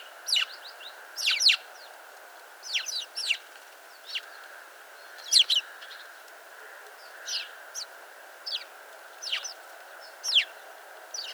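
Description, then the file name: House sparrow chirps, short bright notes given singly and in small bursts at irregular intervals, over a steady low hum. "Passer domesticus"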